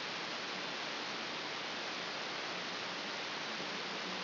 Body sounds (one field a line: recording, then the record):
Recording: brain microelectrode recording played as sound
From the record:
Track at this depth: inside the subthalamic nucleus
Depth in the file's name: 6.707 mm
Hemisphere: left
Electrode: 2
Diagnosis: Parkinson's disease